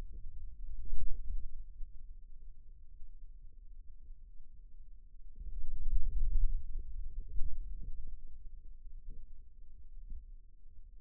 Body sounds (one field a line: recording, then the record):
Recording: forearm muscle sounds (acoustic myography)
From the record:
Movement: pen grasping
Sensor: system 2, bracelet of six BSWA MPA416 microphones around the upper forearm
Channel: 2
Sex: male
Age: 22 years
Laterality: right